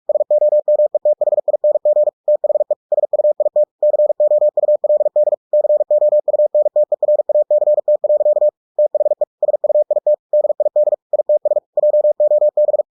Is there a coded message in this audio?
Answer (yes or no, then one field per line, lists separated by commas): yes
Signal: Morse code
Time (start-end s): 0.1-12.8 s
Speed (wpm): 46 wpm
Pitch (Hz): 600 Hz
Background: none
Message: SOMETHING THE SUIT COULD COUNTERACT. THE SUIT DID ITS JOB